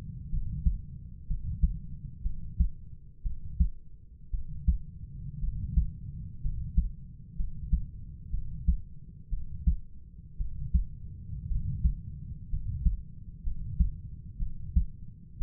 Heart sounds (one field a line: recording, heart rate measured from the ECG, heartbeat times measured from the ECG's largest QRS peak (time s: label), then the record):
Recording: heart sounds by stethoscope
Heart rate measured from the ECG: 60 bpm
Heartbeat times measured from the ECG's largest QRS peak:
0.30 s: heartbeat
1.27 s: heartbeat
2.22 s: heartbeat
3.23 s: heartbeat
4.31 s: heartbeat
5.40 s: heartbeat
6.42 s: heartbeat
7.36 s: heartbeat
8.31 s: heartbeat
9.30 s: heartbeat
10.38 s: heartbeat
11.48 s: heartbeat
12.50 s: heartbeat
13.43 s: heartbeat
14.39 s: heartbeat
15.38 s: heartbeat
From the record:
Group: healthy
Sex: male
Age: 25 years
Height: 170 cm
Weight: 70.4 kg